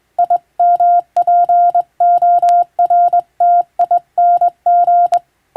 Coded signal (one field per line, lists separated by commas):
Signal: Morse code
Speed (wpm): 21 wpm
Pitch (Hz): 700 Hz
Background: none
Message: IMPORTING